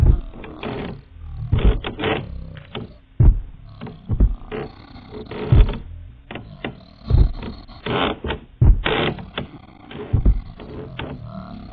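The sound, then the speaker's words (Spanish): Guttural growling noises come in rough, irregular bursts, a dozen or so deep throaty rumbles and snarls rising and falling in loudness, with no one speaking. “Oí unos ruidos guturales, puede que de origen humano.”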